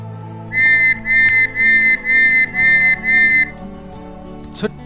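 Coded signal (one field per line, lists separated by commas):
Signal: whistle signal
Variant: Scouting whistle signals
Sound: six short, evenly spaced shrill whistle blasts at a steady pitch, then quiet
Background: low background hum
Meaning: Spread out, scatter or extend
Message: 6 short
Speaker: spread out scatter or extend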